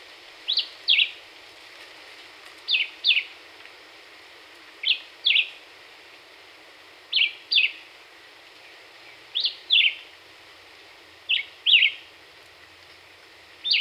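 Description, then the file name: Black-whiskered Vireo song: short two-part whistled phrases, each a pair of quick notes, repeated about every two seconds in steady rhythm. Recorded 26 April 2019; 27 songs delivered within one minute. "2019-04-26 Black-whiskered Vireo 1 Min 27 Songs"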